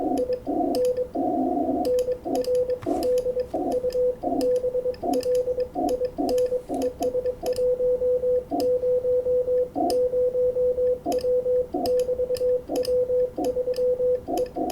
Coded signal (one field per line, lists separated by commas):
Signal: Morse code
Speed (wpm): 22 wpm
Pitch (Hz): 500 Hz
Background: radio noise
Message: IN NR DUBLIN ES 100W <BT> W3E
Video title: Bird's eye view working W3EP and VE3FJ on 20 metres CW